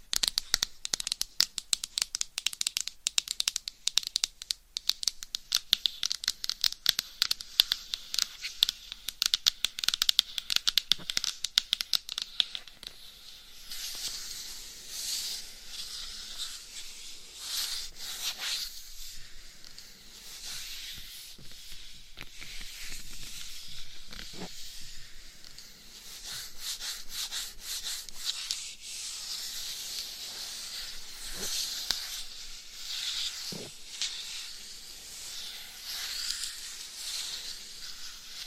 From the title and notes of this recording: ASMR Binaural Mic Scratching , Massage & Tapping Hypnotic Asmr No Talking.